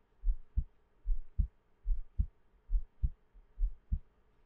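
An adult's resting heartbeat heard close up: steady paired low thumps, a soft first beat then a sharper second, repeating at about 73 per minute in a clear lub-dub rhythm against a quiet, faint hum.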